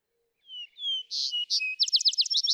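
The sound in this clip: Vesper sparrow song: two low, slurred whistles, two short buzzy higher notes, then a quick trill of high chips that is cut off.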